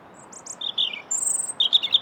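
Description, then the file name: European robin giving short high squeaky notes, a drawn-out thin whistle, and a closing burst of rapid tinkling twitters. "Erithacus rubecula"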